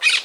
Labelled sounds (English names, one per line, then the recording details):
Brown-throated Parakeet contact call
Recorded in Margarita
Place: Just E of turn-off to San Francisco, near mirador
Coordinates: 11.058, -64.282